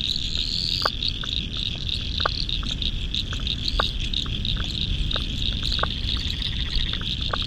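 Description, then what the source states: Frogs calling in chorus, crisp clicks, some doubled, scattered over a high continuous trill and a low rumbling background. Spring frog chorus at dusk beside the South Pacific Ocean, Royal National Park, Australia, November 2015.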